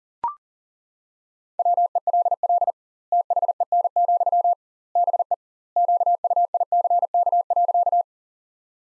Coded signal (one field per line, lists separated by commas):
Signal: Morse code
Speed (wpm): 40 wpm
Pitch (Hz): 700 Hz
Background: none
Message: WELL THEN, BE QUICK.